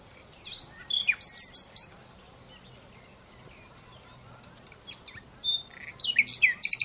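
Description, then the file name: Common Nightingale song: a quick run of rising, repeated whistled notes, a pause of a few seconds, then a loud varied phrase. "Luscinia megarhynchos"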